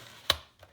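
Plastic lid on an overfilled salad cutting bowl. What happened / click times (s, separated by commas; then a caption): The lid clicked once but did not stay fully seated / 0.3 s. A plastic lid is pushed down and twisted onto an overfilled salad cutting bowl and gives a sharp lock click at 0.3 s, followed by two faint ticks. The lid locks but pushes back out again because the bowl is too full.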